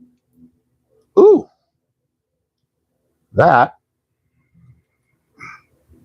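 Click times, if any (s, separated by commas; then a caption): none. A plastic head is swapped onto the neck peg of a G.I. Joe Classified Series NYCC 2025 Exclusive Cobra-La Pythona action figure while someone talks in short bursts, with only faint, soft handling sounds between them. The head ends up on the peg, but there is no pop, so nothing has seated or clicked yet.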